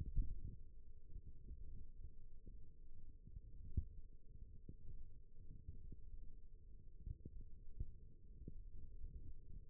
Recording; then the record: forearm muscle sounds (acoustic myography)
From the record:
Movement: thumb flexion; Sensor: system 1, eight BSWA MPA416 microphones around the upper forearm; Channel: 3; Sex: female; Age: 20 years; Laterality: right